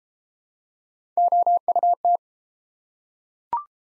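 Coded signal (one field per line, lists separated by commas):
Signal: Morse code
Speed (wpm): 32 wpm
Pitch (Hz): 700 Hz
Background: none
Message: OUT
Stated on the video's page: Morse practice of the top 100 words, starting fast and slowing to a 22 wpm base; top speed 1.5 times base, final repeat sent at maximum speed.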